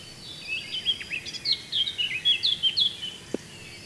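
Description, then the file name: Eurasian blackcap warbling, a lively string of quick, sweet, slurred notes rising and falling, with a single short low knock near the end. "Sylvia atricapilla"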